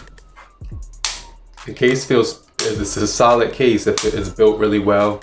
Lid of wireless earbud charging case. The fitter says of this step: of open that up and close it has a nice click to it so